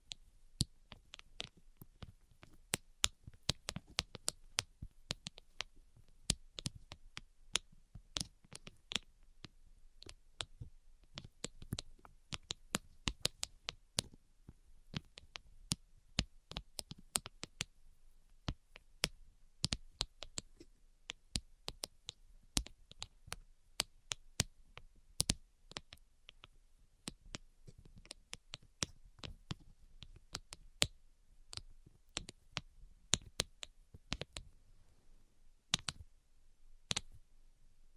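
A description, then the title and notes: Tapping, a dense run of sharp, bright clicks that keeps going for the whole clip. The taps come quickly but unevenly, some louder and crisper than others, with brief lulls and faster bursts, much like typing on a keyboard. Between taps it is quiet. ASMR 10 Levels of Tapping Tingle Immunity Treatment No Talking.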